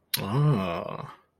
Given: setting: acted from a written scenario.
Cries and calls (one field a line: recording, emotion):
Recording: vocal sound without words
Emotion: interest